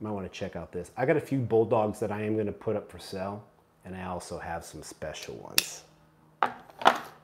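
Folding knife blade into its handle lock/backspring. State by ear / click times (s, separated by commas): seated / 6.4 s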